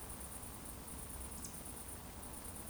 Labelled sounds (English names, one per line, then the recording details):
Eurasian Woodcock whistle
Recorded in Baden-Württemberg, Germany, on 25 June 2020 at 20:28 UTC
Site 14569, 102 m above sea level